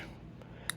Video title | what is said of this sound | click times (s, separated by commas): Merry Christmas! Gifts from Stuart & Zen!!!🎁⛄🎄🧑‍🎄🙏 MyThanks To Everyone This Holiday Season! :) | there's a lot of detent you can hear how that clicks | 0.7 s